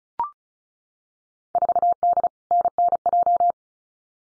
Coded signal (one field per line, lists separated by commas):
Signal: Morse code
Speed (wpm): 34 wpm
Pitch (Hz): 700 Hz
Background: none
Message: 4D NNJ